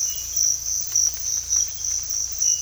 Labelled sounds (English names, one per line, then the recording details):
none
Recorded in dense forest near Puerto Asís, Putumayo, Colombia, on 18 December 2024 at 05:00
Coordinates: 0.486, -76.317
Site G003